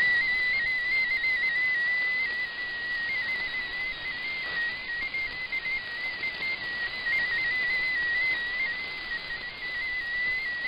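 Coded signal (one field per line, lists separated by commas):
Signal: multi-tone FSK (Olivia or MFSK type)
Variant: MFSK16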